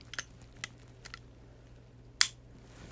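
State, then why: Seated. During reassembly of a Glock pistol, the recoil spring and guide rod are pressed into the recess against the barrel inside the steel and polymer slide. A few faint light ticks sound between 0.1 and 1.1 seconds, then a single sharp, bright snap rings out at 2.2 seconds as the recoil spring assembly seats in place.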